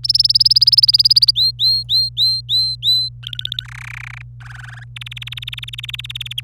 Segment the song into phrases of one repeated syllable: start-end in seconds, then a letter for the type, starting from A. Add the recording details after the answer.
0.04-1.31 A, 1.35-3.09 B, 3.23-3.64 C, 3.65-4.22 D, 4.40-4.84 E, 4.96-6.40 F. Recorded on 26 April 2018 at 08:50. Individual llb3